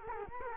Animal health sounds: mosquito wingbeat signal from an infrared sensor; Culex quinquefasciatus

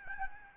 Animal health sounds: mosquito wingbeat signal from an infrared sensor; Aedes albopictus

